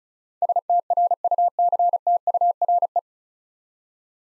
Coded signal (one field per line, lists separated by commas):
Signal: Morse code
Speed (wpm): 36 wpm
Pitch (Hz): 700 Hz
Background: none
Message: STRUCTURE